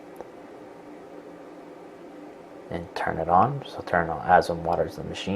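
The power cord plug of a Daimer KleenJet Pro Plus 300CS machine is pushed into a wall outlet after reassembly, following a thermoprotector reset. A single short hit sounds at 0.2 s as the plug goes in, followed by a steady low hum. From about 2.7 s someone talks.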